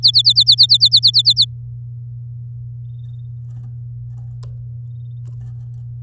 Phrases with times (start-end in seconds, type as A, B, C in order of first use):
0.03-1.45 A